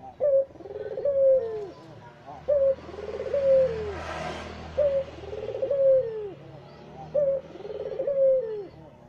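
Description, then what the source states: Barbary dove cooing in a regular rhythm, a short emphatic note then a long falling purr, four times, with a brief hiss midway. White-plumaged dove; training (masteran) recording used to teach songbirds.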